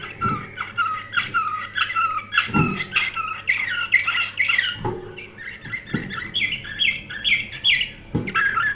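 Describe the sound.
Canary song: a continuous stream of varied warbling, rising-and-falling notes, broken by a few sharp low knocks, with a low background hum throughout.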